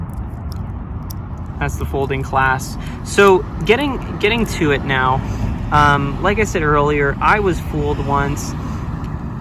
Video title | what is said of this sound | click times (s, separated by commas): Someone Sold Me a Replica as a Genuine Watch - Rolex Submariner 116610LV A.K.A. Hulk | So watch, hear that? It snaps in really easy. | 0.5 s, 1.1 s